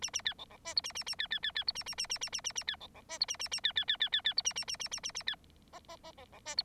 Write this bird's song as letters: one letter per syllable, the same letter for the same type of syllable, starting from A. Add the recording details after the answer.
A A B C C D E A A A B B B B E A A A A A A A A B C C D E A A A B B B B B B E A A A A A A A B F F F C D E. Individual Bird9